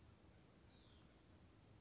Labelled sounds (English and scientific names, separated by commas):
Hutton's Vireo (Vireo huttoni)